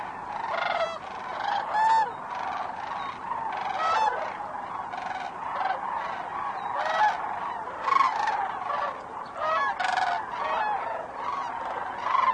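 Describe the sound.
Cranes calling in a flock: dense, overlapping trumpet-like calls with rich harmonics, continuous throughout, with louder bursts now and then.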